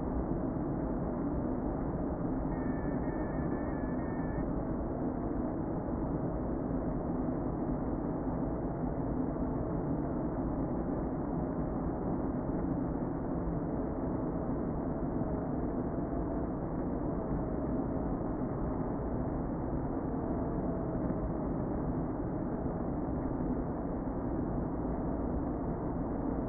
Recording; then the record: honeybee colony, microphone inside the hive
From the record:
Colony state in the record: queen present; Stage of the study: before two queens were removed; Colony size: about 60,000 bees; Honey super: yes